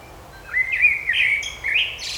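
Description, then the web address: Bird song: a warbled phrase of whistled notes that waver and rise, with a brief higher note at the end, over a quiet background hiss. Birds singing in a park. "مجموعه افکت صدا حیوانات SES Animals Singing Birds in Park"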